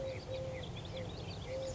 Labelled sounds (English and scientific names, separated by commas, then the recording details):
Eurasian Collared Dove (Streptopelia decaocto)
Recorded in Sonoma County, California